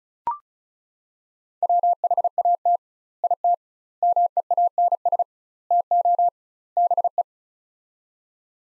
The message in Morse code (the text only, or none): WHAT IT MEANS TO BE